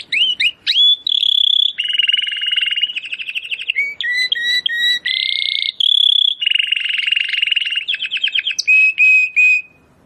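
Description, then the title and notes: Domestic canary in continuous song, alternating pure held whistles with dense buzzy rolls and rapid trills, loud and unbroken for nearly the whole ten seconds. Belgian canary singing; labelled 'Campainha'. "Canário Belga Campainha Canary Singing. Canario Belga Cantando"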